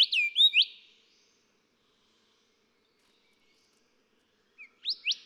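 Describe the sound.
Golden whistler song: a rich phrase of a few loud looping whistles in the first second, a long pause, then a few more swooping whistled notes near the end.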